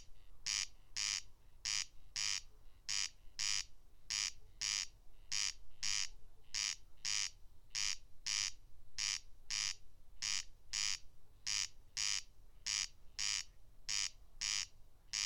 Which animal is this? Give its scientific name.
Crex crex